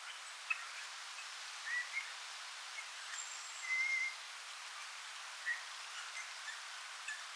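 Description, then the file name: Eurasian bullfinch calls: a few soft, short, level whistles, one longer piping note near the middle, over a steady background hiss. "Pyrrhula pyrrhula"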